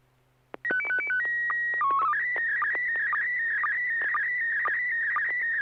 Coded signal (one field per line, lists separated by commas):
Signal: SSTV (slow-scan television)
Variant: PD 120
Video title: N6NA SSTV Net - 11/15/2023